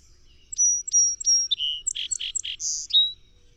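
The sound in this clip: Song sparrow song: three bright whistled introductory notes, a lower buzzy note, quick harsh chips, then a high buzz and down-slurred final note.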